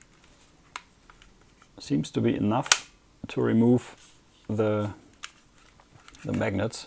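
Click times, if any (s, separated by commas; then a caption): none. A detachable Joy-Con controller is handled next to the side rail of a Nintendo Switch 2 handheld console, where it is held by magnets, while someone talks. A few brief, sharp handling ticks are heard. Nothing has seated or clicked into place yet.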